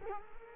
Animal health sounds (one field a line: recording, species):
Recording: mosquito wingbeat signal from an infrared sensor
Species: Culex quinquefasciatus